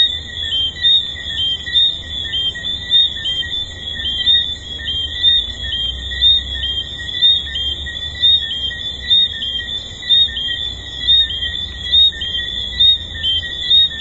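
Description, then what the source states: Dense tree frog chorus with overlapping high whistled chirps, pulsing about once a second without pause. Recorded at the Hedonism II resort.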